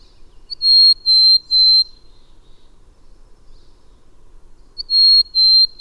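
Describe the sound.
Bird giving a clear phrase of three sustained high whistles, then a soft trailing note and quiet before the phrase starts again.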